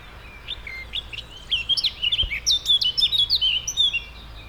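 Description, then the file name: Eurasian blackcap song starting with soft scratchy notes, then swelling into a loud, fast run of rich whistled phrases. "Sylvia atricapilla"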